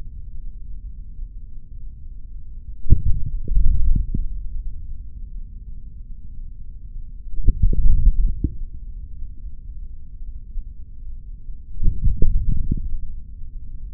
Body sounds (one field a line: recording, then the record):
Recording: forearm muscle sounds (acoustic myography)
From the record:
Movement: hand closing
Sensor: system 3, bracelet of six PUI Audio POM-2738L microphones around the upper forearm, with dedicated amplification and filtering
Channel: 4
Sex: male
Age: 26 years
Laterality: right